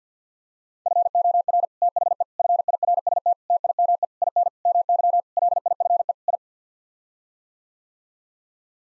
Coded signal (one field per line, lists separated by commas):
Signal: Morse code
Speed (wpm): 50 wpm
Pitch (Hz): 700 Hz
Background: none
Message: FOR THE FIRST TIME IN MY LIFE I